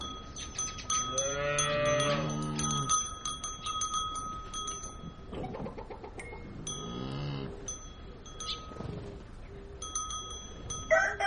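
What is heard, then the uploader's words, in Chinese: In a Tibetan farmyard, a cow lets out long, rising moos near the start and again around seven seconds, over bright, steady birdsong and tinkling bells. 藏民家的院子里 鸟和奶牛在争食。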